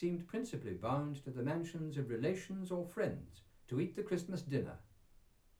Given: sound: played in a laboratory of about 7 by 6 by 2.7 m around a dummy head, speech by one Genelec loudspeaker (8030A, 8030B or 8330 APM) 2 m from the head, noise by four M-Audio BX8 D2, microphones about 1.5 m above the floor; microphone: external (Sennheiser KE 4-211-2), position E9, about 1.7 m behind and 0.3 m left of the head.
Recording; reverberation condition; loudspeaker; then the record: male speech in English; low; 60 degrees to the right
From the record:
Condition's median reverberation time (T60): about 310 ms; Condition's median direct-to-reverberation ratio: about 3.5 dB